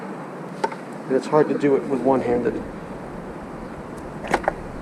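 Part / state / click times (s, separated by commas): plastic clip out of tail light housing / released / 4.3 s, 4.5 s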